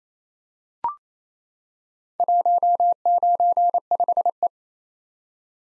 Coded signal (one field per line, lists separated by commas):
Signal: Morse code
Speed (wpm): 28 wpm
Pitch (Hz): 700 Hz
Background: none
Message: 195E